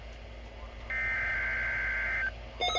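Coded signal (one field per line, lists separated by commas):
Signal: Emergency Alert System (SAME) tones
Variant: header bursts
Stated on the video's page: Weekly test and Special Marine Warning received on a Midland WR400 weather radio, with the marine warning from a second weather radio station streamed on a computer.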